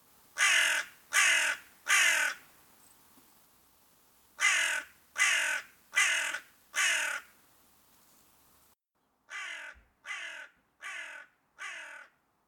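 Crow uttering series of harsh caws in three bursts, three then four then four calls, the last set slightly fainter.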